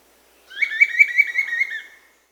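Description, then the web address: Bright-rumped attila song: a single burst of several quick, rolling whistled notes near a steady pitch, lasting under two seconds, with no other sounds. Amazon, Peru. "Birds of the Amazon 3. Bright-rumped Attila (Attila spadiceus), Peru"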